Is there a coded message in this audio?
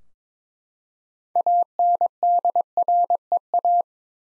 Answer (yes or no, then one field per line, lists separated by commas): yes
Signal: Morse code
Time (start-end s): 1.4-3.8 s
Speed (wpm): 22 wpm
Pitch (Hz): 700 Hz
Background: none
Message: ANDREA